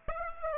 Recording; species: mosquito wingbeat signal from an infrared sensor; Aedes aegypti